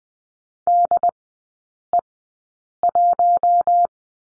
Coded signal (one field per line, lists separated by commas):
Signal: Morse code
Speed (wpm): 20 wpm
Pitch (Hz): 700 Hz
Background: none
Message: DE1